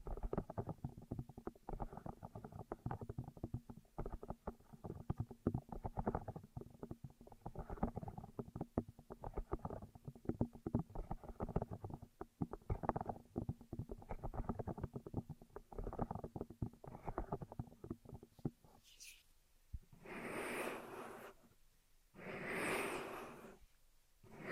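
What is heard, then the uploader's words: Intense ear triggers of rapid, dense crackling and scratching over a low steady hum, then two long bright swishing bursts near the end. Intense Ear Triggers (No Talking).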